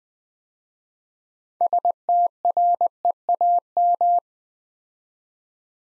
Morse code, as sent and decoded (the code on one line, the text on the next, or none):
... - .-. . .- --
STREAM